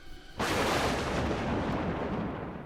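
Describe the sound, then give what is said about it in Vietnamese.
A loud thunderclap erupts abruptly after a brief quiet moment, then rolls on as a broad, sustained rumble that fades only slightly over a couple of seconds, during a storm with repeated lightning and cold wind over a small hamlet with water-coconut palms beside a canal. “Nền trời bỗng dưng chớp giật liên hồi, gió lạnh lướt thước qua cái xóm nhỏ, xô đẩy liêu xiêu những tàu dừa nước ở bên mé kinh.”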